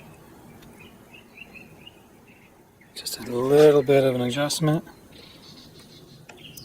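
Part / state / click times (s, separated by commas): click-type torque wrench mechanism under a hanging test weight / torque reached / 6.3 s, 6.6 s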